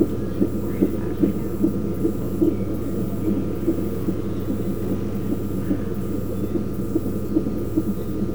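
Rapid, regular soft whooshing pulses at about 145 beats a minute over a steady low hum: a fetal heartbeat picked up by Doppler, with a rate in the usual fetal range.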